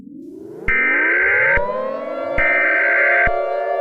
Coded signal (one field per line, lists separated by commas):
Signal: Emergency Alert System (SAME) tones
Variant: header bursts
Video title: (EAS Scenario #4) The Universe turns upside down - Remastered